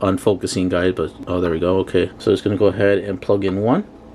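A keyed plug from an LED halo ring is handled as it is lined up to be pushed into its mating connector on a Blue Ghozt control box harness while someone talks throughout. Nothing has seated or clicked yet.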